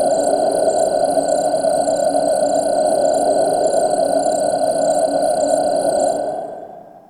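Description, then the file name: Insect calls, a steady high buzzing drone with fast pulsing at the top and a continuous lower hum underneath, holding level then fading out near the end. In a forest. "Bug Forest"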